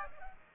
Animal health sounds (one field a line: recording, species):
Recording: mosquito wingbeat signal from an infrared sensor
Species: Aedes aegypti